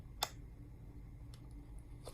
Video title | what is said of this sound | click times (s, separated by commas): Disinfection of reusable half/full face respirators by healthcare workers. | press firmly and twist gently with firm pressure until it locks | 0.2 s